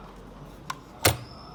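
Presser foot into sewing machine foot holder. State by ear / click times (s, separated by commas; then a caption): seated / 1.1 s. A blind-hem "R" presser foot is placed straight under the foot holder of a Brother FS1300 sewing machine and snaps on. A faint tick sounds at 0.7 s, followed by a sharp, louder snap at 1.1 s as the foot locks into place. The foot is seated and locked.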